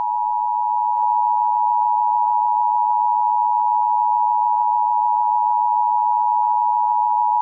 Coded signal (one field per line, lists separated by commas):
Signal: Emergency Alert System (SAME) tones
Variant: 853 and 960 Hz attention tone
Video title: EAS Scenario #1: Doom (READ PINNED)